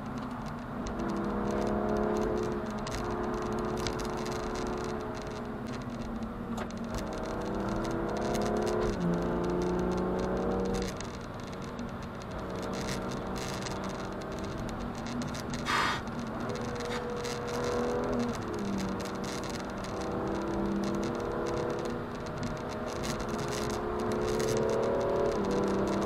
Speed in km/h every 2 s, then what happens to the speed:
111, 117, 116, 110, 115, 128, 103, 111, 116, 137, 144, 151, 165.
0-7 steady at about 111. 7-10 speeds up to 128. 10-12 brakes to 103. 13-26 speeds up to 165.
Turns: none.